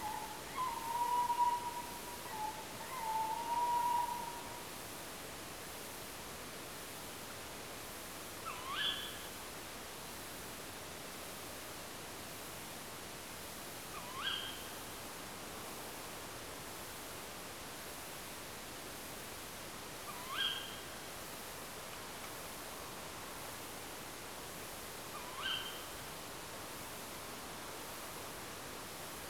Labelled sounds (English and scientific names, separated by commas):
Tawny Owl (Strix aluco)